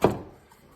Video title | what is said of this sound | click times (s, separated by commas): Part 2 of the hemi roid repair | And you push her up. And click. | 0.0 s